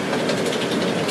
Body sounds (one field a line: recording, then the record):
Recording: background sound without coughing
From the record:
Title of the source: Office Sounds Ambience - Background Noise for Study and Work